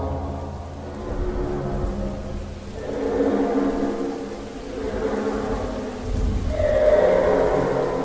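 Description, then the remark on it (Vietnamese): Steady rain hisses through gaps in the window glass of an apartment building while wind drafts through a flap door in the hallway and low thunder rolls in and swells twice, once around the middle and again louder near the end, with no voices. “Mưa rền rĩ qua những khe kính và gió lùa theo cánh cửa lật ngoài hành lang, tạo thành tiếng u u hoang dại.”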